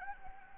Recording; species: mosquito wingbeat signal from an infrared sensor; Anopheles gambiae